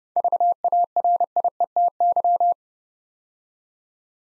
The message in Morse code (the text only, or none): VARIETY